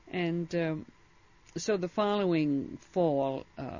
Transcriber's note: none